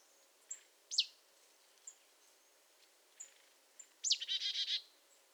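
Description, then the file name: Marsh tit calls: a sharp high downslurred note, scattered faint squeaks, then another sharp note followed by a rapid buzzy chatter near the end. "Poecile palustris"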